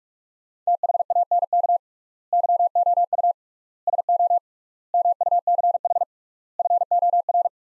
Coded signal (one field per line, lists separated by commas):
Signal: Morse code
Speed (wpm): 47 wpm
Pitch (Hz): 700 Hz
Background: none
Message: THANK YOU SO MUCH FOR